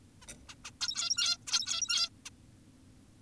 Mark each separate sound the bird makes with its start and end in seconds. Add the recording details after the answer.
0.22-0.26, 0.48-0.55, 0.65-0.71, 0.81-1.38, 1.47-2.10, 2.26-2.30. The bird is an adult. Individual g17y2U